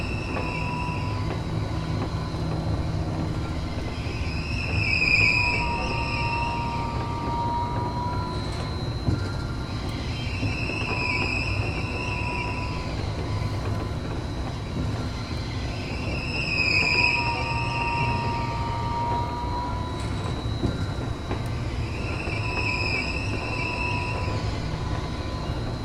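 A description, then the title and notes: Oil pumps work with a steady low mechanical rumble underneath a cyclic metallic squeal that rises and falls in slow, regular strokes, roughly every six seconds. The squeaks come in bright bands, with a constant hum throughout. Oil pumping in Long Beach. The sounds of a couple of oil rigs, pumping crude oil out of an area near the San Gabriel River and adjacent to the Los Cerritos Wetlands in Long Beach, Ca. Recorded by Michael Winchester.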